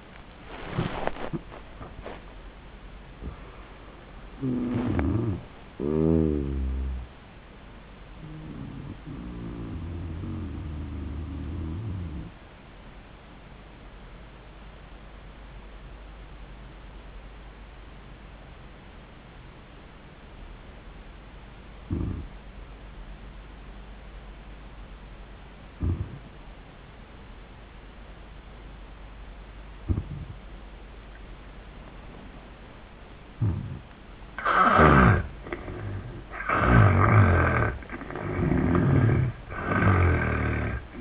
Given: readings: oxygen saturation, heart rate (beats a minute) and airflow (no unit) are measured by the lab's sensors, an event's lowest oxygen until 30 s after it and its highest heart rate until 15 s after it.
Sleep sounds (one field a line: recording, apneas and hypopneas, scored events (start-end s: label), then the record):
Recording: breathing in sleep by a voice recorder at the bedside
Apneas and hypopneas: 1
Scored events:
15.00-35.90 s: obstructive apnea (N1, oxygen 97% highest, then 82% lowest, heart rate 76 at the start, 80 highest)
21.00-41.01 s: new sleep stage, N2 (light sleep)
From the record:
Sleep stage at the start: N1 (lightest sleep)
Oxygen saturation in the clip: 81 to 97%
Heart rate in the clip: 72 to 99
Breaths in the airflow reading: 4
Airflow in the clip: -19.9 to 16.5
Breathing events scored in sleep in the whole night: 400 in 8.7 hours asleep